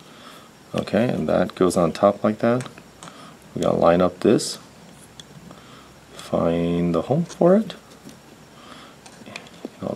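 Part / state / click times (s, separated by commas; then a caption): impact driver front cover onto gear assembly / not seated / none. Someone talks while the front cover assembly of a Milwaukee 2860 impact driver, during a friction ring install, is placed on top of the gear assembly and rotated to line up with the planetary gears. Only small handling taps are heard, and the cover has not dropped home or seated yet.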